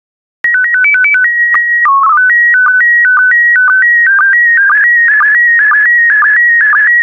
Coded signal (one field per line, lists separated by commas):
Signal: SSTV (slow-scan television)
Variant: PD 120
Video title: 122058 Israel SSTV PD120